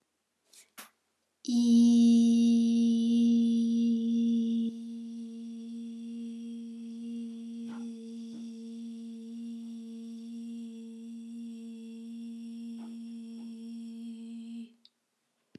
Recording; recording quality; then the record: sustained vowel as in beet; excellent, no background noise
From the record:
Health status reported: healthy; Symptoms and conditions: none ticked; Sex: female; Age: 36 years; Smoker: not ticked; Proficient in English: yes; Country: United States